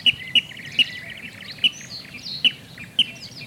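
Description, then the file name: Water rail calls: half a dozen sharp, clipped high notes spaced irregularly. "Porciglione"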